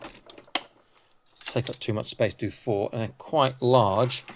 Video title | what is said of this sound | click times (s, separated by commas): Awesome high quality 1:18 scale action figure Helicopter. This is fantastic! | a click into place I'll do three because obviously it's going to uh | 0.6 s